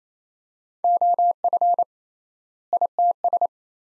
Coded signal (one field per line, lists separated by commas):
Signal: Morse code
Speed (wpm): 28 wpm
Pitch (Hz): 700 Hz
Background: none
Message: OF ITS